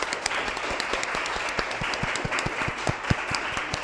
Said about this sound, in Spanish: Un último aplauso, muchas gracias, gente.